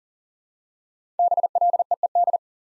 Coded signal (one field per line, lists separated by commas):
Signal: Morse code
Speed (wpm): 40 wpm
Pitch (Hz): 700 Hz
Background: none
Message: BLEED